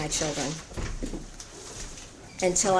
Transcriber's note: door opening